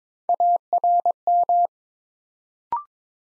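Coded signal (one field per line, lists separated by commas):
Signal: Morse code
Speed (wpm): 22 wpm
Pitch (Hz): 700 Hz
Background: none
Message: ARM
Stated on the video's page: 22 wpm Morse drill building three-letter words one letter at a time.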